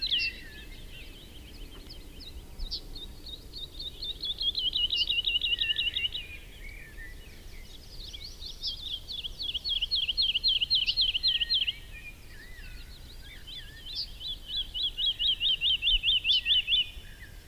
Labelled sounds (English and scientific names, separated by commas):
Wood Lark (Lullula arborea) song